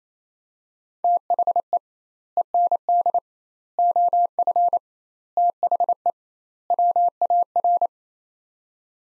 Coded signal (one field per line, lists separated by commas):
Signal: Morse code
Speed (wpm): 28 wpm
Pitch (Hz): 700 Hz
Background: none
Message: THE END OF THE WAR